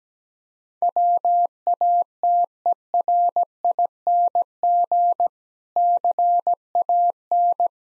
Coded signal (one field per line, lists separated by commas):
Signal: Morse code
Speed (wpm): 17 wpm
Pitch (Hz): 700 Hz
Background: none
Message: WATERING CAN